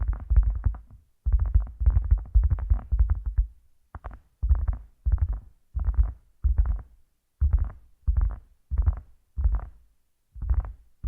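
Massage-style rubbing sounds, as from headphones used as a mic, come in deep, muffled thumping bursts. The first few seconds hold longer, overlapping strokes; after about four seconds they become short separate pulses at a fairly steady pace, roughly two per second, with silence between.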